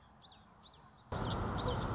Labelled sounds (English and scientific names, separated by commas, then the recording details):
Common Yellowthroat (Geothlypis trichas)
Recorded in Sonoma County, California